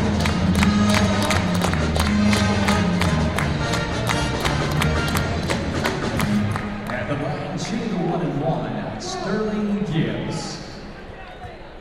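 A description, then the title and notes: A brass band plays a loud, steady beat in a big arena, with crowd noise underneath, fading slightly and thinning toward the end. Brass band during basketball game in stadium - Binaural field recording Austin, Texas. Game: Texas-Texas State. This is a binaural audio recording.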